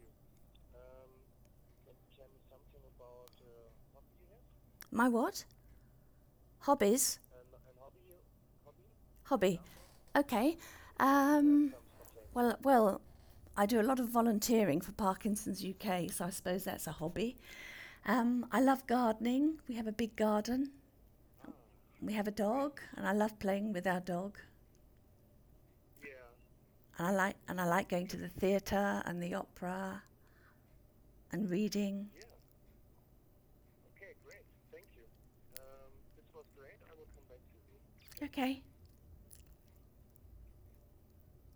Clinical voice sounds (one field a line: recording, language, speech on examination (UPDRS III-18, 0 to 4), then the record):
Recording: conversation on a phone call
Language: English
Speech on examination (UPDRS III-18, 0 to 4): 1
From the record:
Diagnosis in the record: Parkinson's disease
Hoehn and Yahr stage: 2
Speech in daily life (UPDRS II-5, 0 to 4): 1